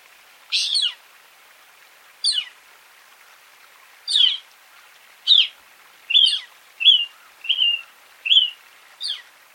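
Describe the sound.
Northern mockingbird song: repeated steep downward sweeping notes, followed by a string of shorter, level whistled notes in quicker succession.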